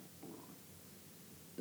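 Stomach rumbling (borborygmi) from an adult's abdomen, likely due to mild hunger.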